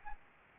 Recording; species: mosquito wingbeat signal from an infrared sensor; Anopheles gambiae